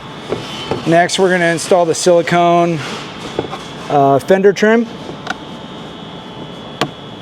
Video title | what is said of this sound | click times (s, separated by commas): S&B Intake Install on 2001-04 Chevy/GMC Duramax LB7 | snaps into place. | 5.3 s, 6.8 s